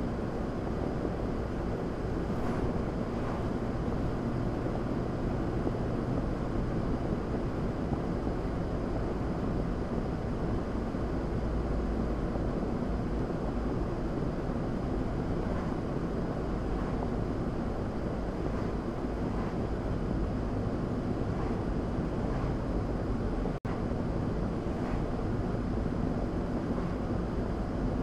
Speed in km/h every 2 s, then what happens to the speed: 72, 76, 76, 72, 72, 69, 66, 66, 63, 61, 60, 61, 63, 63.
4-20 slows to 60.